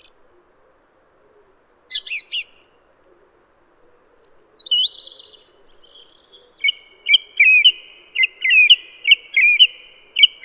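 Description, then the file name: Song thrush delivering quick slurred whistles and buzzy bursts, ending with a short fluty phrase repeated several times in quick succession. "suara kicauan burung song thrush. omkicau"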